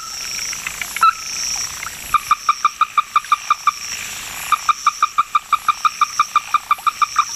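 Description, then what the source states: Ruddy-breasted Crake calls: a few faint notes and a single knock, then two rapid runs of short, hard, identical notes separated by a brief pause, over a faint high hiss. Bird of Hokkaido, related to a South American crake and to the Okinawa Rail; no. 121 of the 'Sounds of the Four Seasons' series.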